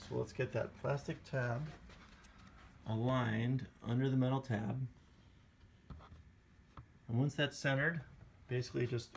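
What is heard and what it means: Someone talks while lining up the plastic tab of a TiVo Roamio DVR's plastic lid under the metal front tab on the chassis during a fan installation, with a brief handling sound at about 6.8 s between phrases. The lid has not yet been rotated down, and nothing has snapped or clicked into place yet.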